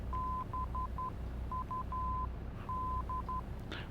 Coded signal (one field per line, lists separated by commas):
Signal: Morse code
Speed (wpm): 11 wpm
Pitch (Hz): 1020 Hz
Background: none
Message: BUD